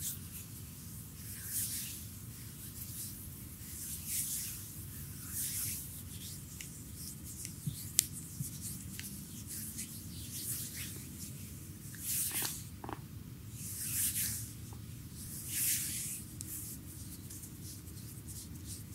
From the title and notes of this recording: ASMR full body massage with hot oil by Olga.